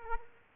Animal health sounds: mosquito wingbeat signal from an infrared sensor; Culex quinquefasciatus

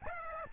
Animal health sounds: mosquito wingbeat signal from an infrared sensor; Aedes albopictus

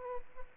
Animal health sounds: mosquito wingbeat signal from an infrared sensor; Aedes albopictus

